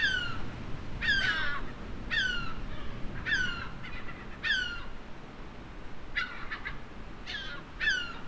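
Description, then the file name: Gull calls: loud, harsh downward-sliding cries repeated roughly once a second, with a few quick chattering notes between them and low background rumble. "STC moewen"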